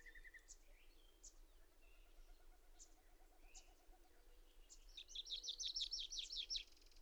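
Bird song: scattered high chips and short whistles build into a fast, bright trilled phrase over steady background hiss.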